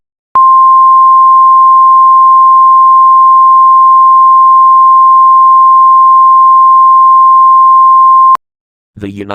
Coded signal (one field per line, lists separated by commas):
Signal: Emergency Alert System (SAME) tones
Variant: 1050 Hz attention tone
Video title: The Backrooms EAS Scenario